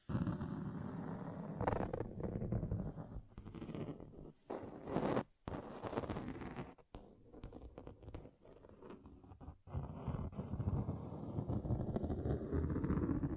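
Scratching on table surfaces fills the clip with dense, rough scraping that changes texture as different spots are rubbed. Bursts of brighter, raspy strokes near two and five seconds stand out, broken by brief silent gaps around five, seven and ten seconds.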